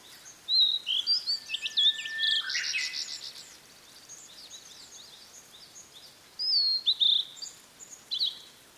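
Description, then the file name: Blue-and-white flycatcher song: rich high whistles and a harsh buzzy burst, repeated after a pause. "oruri"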